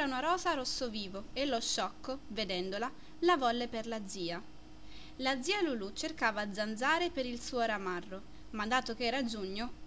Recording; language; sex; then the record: read passage; Italian; female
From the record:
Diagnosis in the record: healthy control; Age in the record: 20 years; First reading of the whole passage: 47 s, 11.1 characters per second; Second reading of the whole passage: 49 s, 10.5 characters per second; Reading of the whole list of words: 45 s, 6.2 characters per second